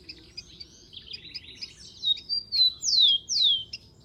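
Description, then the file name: Rufous-collared sparrow song: a faint buzzy trill and thin notes lead into two strong, high whistles that sweep sharply downward. "canto do tico tico"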